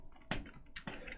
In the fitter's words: and it just kind of kind of clicks into place